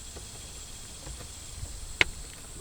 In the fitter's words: push in until we hear a click